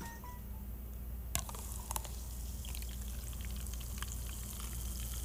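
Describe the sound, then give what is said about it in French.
A fizzy soft drink, not at all flat, pours into a glass at a microphone, starting with a sharp clink, then a steady crackling hiss of bubbles with scattered tiny pops throughout, under a constant low hum. “Fait que je vais en verser. OK, dans le micro magique, dans un verre.”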